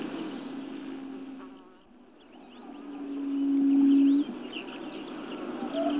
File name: Perepel maly Turnix sylvatica